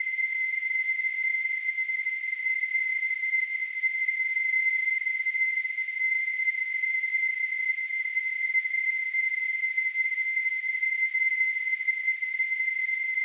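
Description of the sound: Simulated tinnitus: a steady, continuous narrowband ringing centered near 2 kHz, with a faint hiss spreading above it and no low-frequency content.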